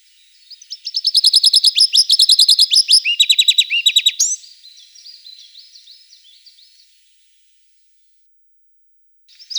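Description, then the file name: Taiga flycatcher song: a loud, fast series of sharp repeated high notes lasting a few seconds, then a softer trailing warble, and a short burst at the end. "Muholovka malaja vostochnaja"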